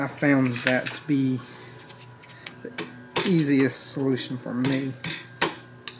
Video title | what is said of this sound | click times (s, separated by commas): 3.6 Colorado Direct Injector Replacement Part 2 | there it went. It clicked in all the way. | 5.4 s